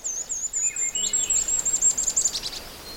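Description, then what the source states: Golden-crowned Kinglet singing: a long run of very high, thin repeated notes ending in a short flourish. Song repeated; bird stays high in the treetops and is hard to see.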